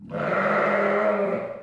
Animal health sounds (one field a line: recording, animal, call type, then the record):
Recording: contact call of a hoofed animal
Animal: sheep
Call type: low-frequency (closed-mouth) or high-frequency (open-mouth) call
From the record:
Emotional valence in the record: negative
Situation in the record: short social isolation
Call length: 1.64 s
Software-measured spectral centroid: 1260 Hz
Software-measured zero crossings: 1610 a second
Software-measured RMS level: -24 dBFS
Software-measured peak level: -10 dBFS